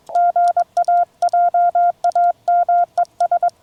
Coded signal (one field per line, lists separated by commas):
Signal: Morse code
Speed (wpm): 22 wpm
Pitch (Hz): 700 Hz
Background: none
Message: GA JAMES